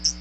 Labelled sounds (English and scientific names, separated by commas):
Hooded Warbler (Setophaga citrina) flight call